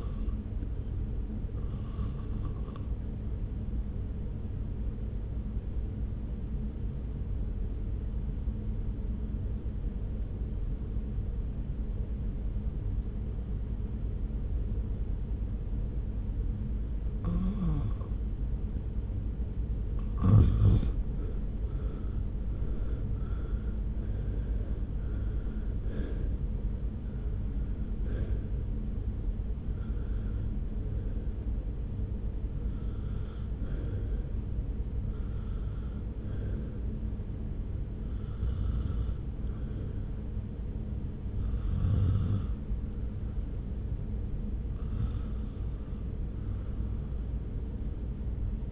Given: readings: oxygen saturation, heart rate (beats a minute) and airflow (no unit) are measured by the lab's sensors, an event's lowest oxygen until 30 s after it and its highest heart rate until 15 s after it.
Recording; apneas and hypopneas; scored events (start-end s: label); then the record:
breathing in sleep by a smartphone at the bedside; 1
3.00-19.00 s: obstructive apnea (REM, oxygen 87% highest, then 75% lowest)
From the record:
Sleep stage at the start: REM sleep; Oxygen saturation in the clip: 75 to 95%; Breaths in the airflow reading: 13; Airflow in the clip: -1.4 to 1.8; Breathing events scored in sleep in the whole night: 335 in 6.7 hours asleep